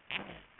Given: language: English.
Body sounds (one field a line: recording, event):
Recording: throat vibration sensor signal played as sound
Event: throat clearing